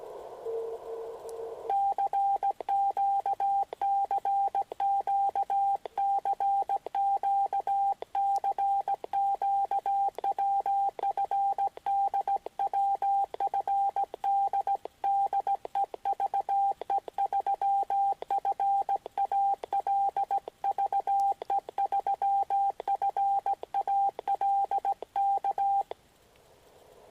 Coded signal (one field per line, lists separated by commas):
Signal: Morse code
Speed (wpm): 17 wpm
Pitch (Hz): 790 Hz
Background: radio noise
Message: CQ CQ CQ CQ WFD WFD DE VE3FAL VE3FAL K